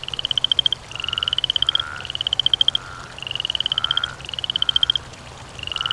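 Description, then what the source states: Frog croaking: high, rapid pulsed trills under a second long, repeated several times with short gaps. Croaking by water.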